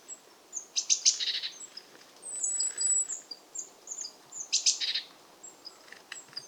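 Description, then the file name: Eurasian blue tit calling: thin, very high notes mixed with short buzzy, scolding bursts, given in loose clusters with a quieter pause in between; faint background hiss. "Cyanistes caeruleus"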